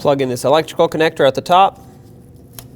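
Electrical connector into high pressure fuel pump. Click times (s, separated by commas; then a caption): 2.6 s. Someone talks for about 1.7 seconds, then the electrical connector is plugged into the top of the high pressure fuel pump on a 2006-2015 Lexus IS250. A single sharp click comes at 2.6 s as the connector clicks in and seats.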